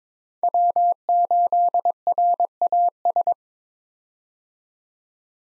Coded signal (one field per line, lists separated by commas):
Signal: Morse code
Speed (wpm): 22 wpm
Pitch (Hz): 700 Hz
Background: none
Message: W8RAS